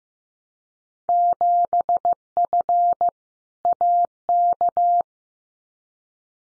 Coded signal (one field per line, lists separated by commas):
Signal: Morse code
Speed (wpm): 15 wpm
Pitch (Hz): 700 Hz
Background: none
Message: 7F AK